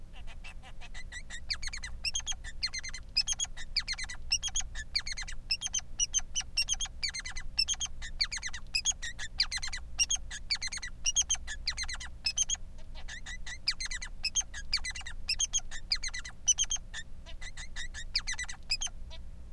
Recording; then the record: song of a male Bengalese finch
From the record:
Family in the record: son of father 3